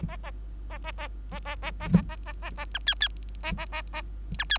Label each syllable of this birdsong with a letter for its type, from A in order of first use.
A A A A A A A A A A A A B C C B C